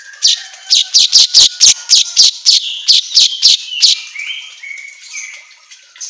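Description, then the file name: Asian golden weaver song: about a dozen harsh chattering notes, roughly four a second, then fading wheezy whistles. Song recording for training songbirds, labelled 'auto gacor'. "Suara Kicau Manyar Kepala Emas Auto Gacor"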